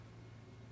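The front-loading cartridge tray of an NES console is pushed down but does not snap into place, possibly because the front tray adjuster is missing. Only a steady low hum and faint broadband hiss are heard, with no sudden sound. Nothing has seated or clicked yet.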